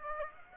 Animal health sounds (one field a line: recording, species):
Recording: mosquito wingbeat signal from an infrared sensor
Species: Aedes aegypti